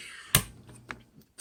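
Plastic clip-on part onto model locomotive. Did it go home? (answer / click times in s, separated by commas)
yes / 0.3 s, 0.9 s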